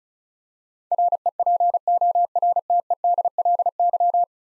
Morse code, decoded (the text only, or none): REPORTEDLY